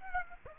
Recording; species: mosquito wingbeat signal from an infrared sensor; Aedes aegypti